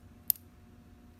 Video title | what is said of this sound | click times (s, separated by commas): Upholstery Method - HOW TO USE THE CONSEW 226 | and you heard that little click as it snapped into place and that's going to keep the thread from bouncing out | 0.3 s